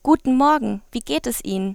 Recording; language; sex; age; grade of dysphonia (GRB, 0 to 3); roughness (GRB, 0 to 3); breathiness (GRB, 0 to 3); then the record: spoken sentence; German; female; 18 to 19 years; 0; 0; 0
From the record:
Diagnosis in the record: healthy voice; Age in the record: 19 years